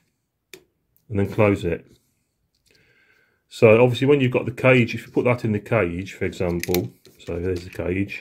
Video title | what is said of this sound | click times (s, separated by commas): About the DJI Osmo Action Cam & tripod issues - Aixam Mega Multitruck | once you've done that you can click into place push the door down | 0.5 s, 1.0 s